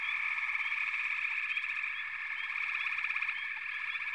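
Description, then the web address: Frogs in chorus, a constant shrill trilling drone with light rising chirps recurring over it. "Natures Songs Sleep Sounds of Nature FROGS Frog Chorus"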